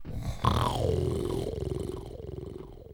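A single low, rumbling snore from a sleeping adult.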